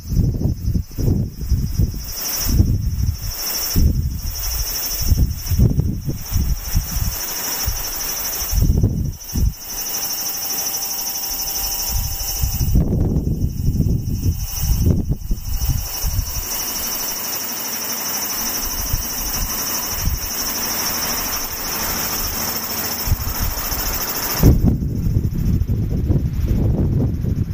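Cicadas drone steadily in high, thin bands throughout, with a second shrill layer at the top. Wind buffets underneath in low, rumbling gusts that come every second or two early on, ease in the middle, and return strongly after about 25 seconds.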